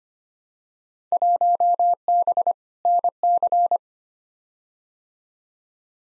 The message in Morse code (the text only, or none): 1B NC